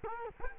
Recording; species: mosquito wingbeat signal from an infrared sensor; Culex quinquefasciatus